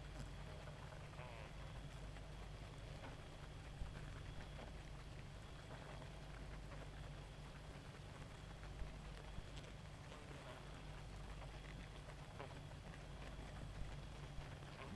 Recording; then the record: honeybee colony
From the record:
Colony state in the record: active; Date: 28 July 2017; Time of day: 1:23